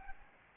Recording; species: mosquito wingbeat signal from an infrared sensor; Aedes albopictus